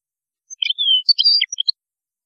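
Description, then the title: European goldfinch with a brief phrase of liquid twitters and a drawn-out descending whistle, ending in quick chirps. "Chant Chardonneret"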